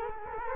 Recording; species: mosquito wingbeat signal from an infrared sensor; Culex quinquefasciatus